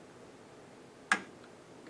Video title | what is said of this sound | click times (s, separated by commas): Horizon Hobby Blade Chroma 4K Camera Drone Kit RTF Review - ASE Labs | SL this up and then you'll hear an audible click | 1.1 s